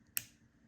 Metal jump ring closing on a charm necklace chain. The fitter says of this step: using your set of pliers, kind of want to push your hands close together as you're coming to close the jump ring so that you can hear that click,